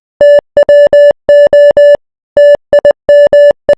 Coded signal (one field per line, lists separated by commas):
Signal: Morse code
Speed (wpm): 20 wpm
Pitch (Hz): 580 Hz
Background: none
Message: TWO TIME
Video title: Morse code for @FishIsGreat1